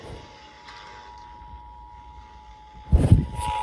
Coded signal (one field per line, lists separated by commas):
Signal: Emergency Alert System (SAME) tones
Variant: 853 and 960 Hz attention tone